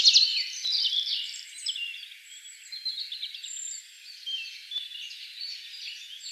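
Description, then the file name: Tree pipit song: a loud opening burst of trilled notes, then fainter repeated chirps and short trilled phrases, with a steady high hiss behind. Recorded 1 June 2013. "01 06 2013 Baumpieper"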